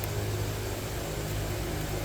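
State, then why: Not seated. An electrical connector on the engine of a 2020 Chevy Trax AWD LS, cleaned of dust just before, is being pushed back on by hand during a 30,000-mile service. A steady broadband hum with low-frequency rumble runs throughout, with a brief sharp tick at 0.0 s. Nothing has seated or clicked yet.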